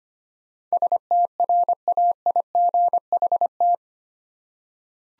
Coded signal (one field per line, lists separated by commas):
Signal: Morse code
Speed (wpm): 25 wpm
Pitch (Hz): 700 Hz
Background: none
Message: STRAIGHT